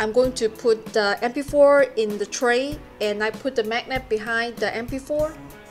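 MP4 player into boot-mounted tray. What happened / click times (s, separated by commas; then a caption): Handled, not yet home: small device held before being pressed into its tray / none. A small MP4 video player is handled over a resin/printed tray built into a platform boot, with a magnet to go behind the player to hold it. Someone talks over music, with soft handling sounds. Nothing has seated or clicked yet.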